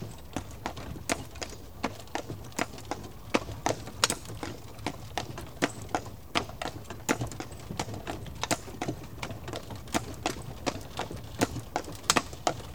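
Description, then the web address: Horse hooves clattering in a fast, irregular series of crisp knocks, more than one a second, with a low droning background. "The BBC Sound Effects Library - Complete 60 CDs Collection Sound Effects Library (Horses # 2 and Dogs)"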